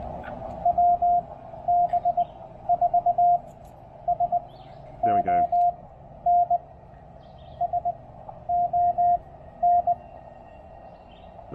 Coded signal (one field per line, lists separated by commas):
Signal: Morse code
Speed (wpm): 19 wpm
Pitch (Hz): 700 Hz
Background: none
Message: WB4SON SON